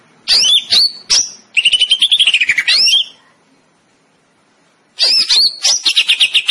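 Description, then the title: Greater green leafbird pouring out shrill whistles and a rapid rolling trill, then a short silence before another burst of high notes. Singing in 'gacor' style, an Indonesian term for vigorous, continuous singing. "Cucak Ijo Gacor"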